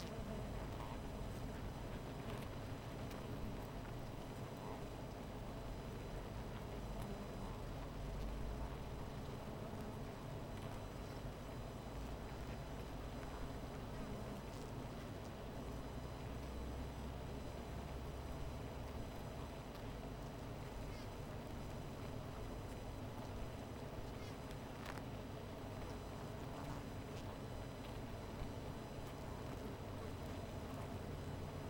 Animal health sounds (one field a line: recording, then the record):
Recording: honeybee colony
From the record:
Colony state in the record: missing queen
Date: 14 July 2017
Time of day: 16:36